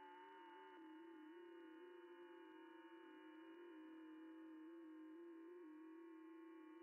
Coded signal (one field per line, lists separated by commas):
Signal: FT8